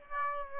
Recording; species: mosquito wingbeat signal from an infrared sensor; Aedes aegypti